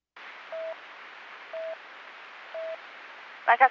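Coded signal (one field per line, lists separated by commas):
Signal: none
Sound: radio channel alert beeps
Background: speech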